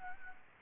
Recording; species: mosquito wingbeat signal from an infrared sensor; Aedes albopictus